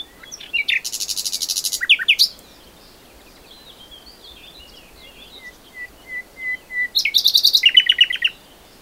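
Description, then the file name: Common nightingale delivers a buzzy rattling phrase, then a slow series of clear whistles growing louder, ending in a rapid rattling flourish. "Luscinia megarhynchos"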